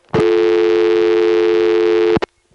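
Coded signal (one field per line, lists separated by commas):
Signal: telephone call progress tone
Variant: North America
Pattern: dial tone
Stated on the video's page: Senderized step-by-step telephone exchange in Washingtonville NY, 914 area.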